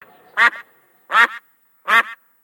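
Duck quacking: three loud, nasal quacks spaced under a second apart, each a short harsh burst, with quiet in between.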